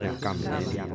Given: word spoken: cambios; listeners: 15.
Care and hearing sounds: one Spanish word in noise, from a listening test; eight-talker babble; -3.6 dB; 0 of 15; 7 of 15; 0.55 s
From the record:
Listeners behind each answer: 7, 2, 1, 1, 1, 1, 1, 1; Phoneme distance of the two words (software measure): 7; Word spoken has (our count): 2 syllables, 7 phonemes, stress on syllable 1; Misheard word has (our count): 2 syllables, 6 phonemes, stress on syllable 1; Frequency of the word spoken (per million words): 123.79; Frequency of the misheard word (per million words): 306.85

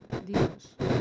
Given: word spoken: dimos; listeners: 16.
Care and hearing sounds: one Spanish word in noise, from a listening test; noise modulated by one talker; -10.7 dB; 0 of 16; 8 of 16; 0.62 s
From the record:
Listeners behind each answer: 8, 5, 1, 1, 1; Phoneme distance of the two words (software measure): 17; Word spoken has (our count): 2 syllables, 5 phonemes, stress on syllable 1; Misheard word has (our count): 1 syllable, 4 phonemes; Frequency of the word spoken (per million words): 6.43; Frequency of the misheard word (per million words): 212.20

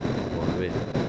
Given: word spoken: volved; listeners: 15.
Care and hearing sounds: one Spanish word in noise, from a listening test; noise modulated by three-talker babble; -3.3 dB; 0 of 15; 9 of 15; 0.69 s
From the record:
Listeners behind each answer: 9, 3, 2, 1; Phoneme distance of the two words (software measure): 10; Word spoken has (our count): 2 syllables, 6 phonemes, stress on syllable 2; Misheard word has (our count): 2 syllables, 6 phonemes, stress on syllable 2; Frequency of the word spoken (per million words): 0.19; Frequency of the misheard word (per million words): 110.76

